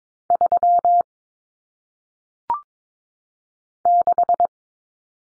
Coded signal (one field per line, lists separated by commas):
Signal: Morse code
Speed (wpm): 22 wpm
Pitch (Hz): 700 Hz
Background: none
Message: 3 6